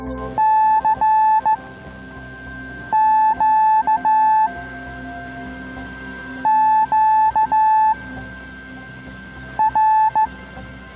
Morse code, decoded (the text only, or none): CQ QR